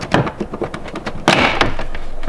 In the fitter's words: Hear it pop like that.